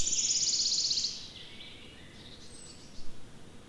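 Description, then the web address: Wood warbler singing a rapid, dry high-pitched trill for about one second, followed by quieter thin notes and a faint high call, with steady low background noise. Recorded 25 May 2020. "fagelljud 20200525-gronsangare"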